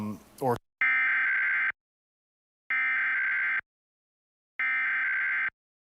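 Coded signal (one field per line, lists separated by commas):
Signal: Emergency Alert System (SAME) tones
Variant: header bursts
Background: speech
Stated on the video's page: Real EAS required monthly tests recorded off air from TV stations, some sent with a Sage Digital ENDEC encoder.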